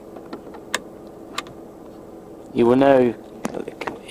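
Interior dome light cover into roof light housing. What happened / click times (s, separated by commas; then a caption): The plastic light cover clipped into place with two clicks / 0.8 s, 1.4 s. A plastic interior dome light lens cover on a Toyota Yaris is lined up on its clips and pushed into the roof light housing in the roof lining, and it snaps home with two clicks at 0.8 and 1.4 seconds. Someone talks, and a few more small taps and knocks follow near the end.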